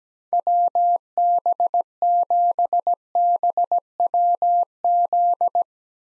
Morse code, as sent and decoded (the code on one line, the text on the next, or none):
.-- -... --... -... .-- --..
WB7BWZ